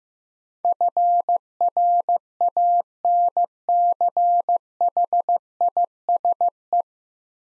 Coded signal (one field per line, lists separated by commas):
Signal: Morse code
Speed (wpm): 15 wpm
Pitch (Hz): 700 Hz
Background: none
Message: FRANCHISE